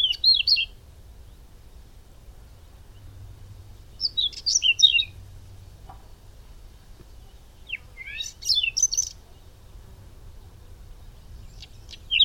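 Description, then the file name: Whinchat song: short scratchy, warbling phrases given roughly every four seconds over a steady low rumble. "braunkehlchen Stefan Wehr"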